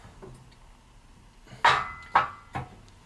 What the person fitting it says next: that pop was it actually straightening up